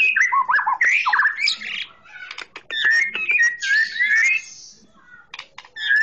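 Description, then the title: Oriental magpie-robin singing a varied, rapid medley of warbled whistles and squawky notes, with short pauses between loud phrases. Chirping song. "Kicau Kacer Durasi Panjang 1jam Lebih"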